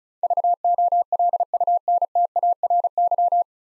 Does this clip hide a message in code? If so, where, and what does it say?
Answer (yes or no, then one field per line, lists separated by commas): yes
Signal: Morse code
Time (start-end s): 0.2-3.4 s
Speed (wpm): 36 wpm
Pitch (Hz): 700 Hz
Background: none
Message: VOLUNTARY